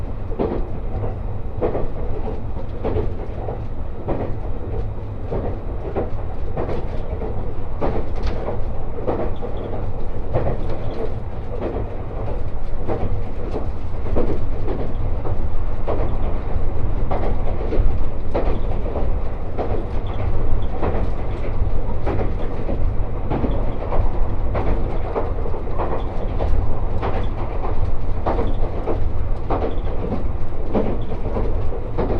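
The Resort Shirakami No. 4 train runs along the Sea of Japan coast from Ajigasawa, with a steady low rumble from the moving cars. Frequent short clicks and knocks from the wheels and track punctuate the running noise throughout, at an even level.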